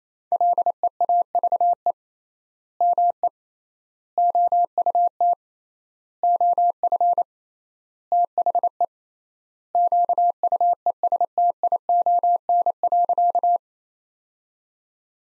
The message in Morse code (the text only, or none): LEAVE ME OUT OF THE QUESTION.